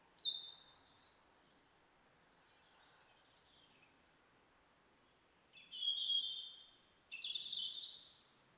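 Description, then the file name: European robin song, high thin trilling and sliding phrases at the start, then a pause, then several fluid descending notes near the end. "Erithacus rubecula"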